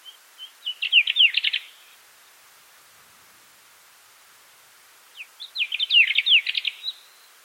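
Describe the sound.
Bird giving two bouts of quick, high twittering notes, each phrase building into a fast jumble of chirps, with a long quiet gap between them.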